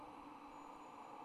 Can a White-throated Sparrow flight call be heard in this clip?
no